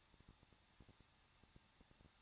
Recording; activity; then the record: daily activity, microphone in the room; no activity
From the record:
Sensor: 3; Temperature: 21.2 degrees Celsius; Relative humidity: 36.3%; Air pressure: 1006.3 hPa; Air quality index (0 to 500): 221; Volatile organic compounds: 40 ppm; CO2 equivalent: 3151 ppm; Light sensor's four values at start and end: 2/3/2/2 and 2/3/2/2